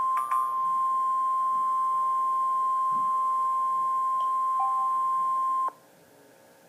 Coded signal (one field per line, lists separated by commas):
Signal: Emergency Alert System (SAME) tones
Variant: 1050 Hz attention tone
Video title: Wonder Park (BabyTV) Gets Interrupted By EAS Severe Thunderstorm Warning